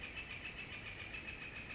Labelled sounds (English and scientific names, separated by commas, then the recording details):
Northern Flicker (Colaptes auratus)
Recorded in Sonoma County, California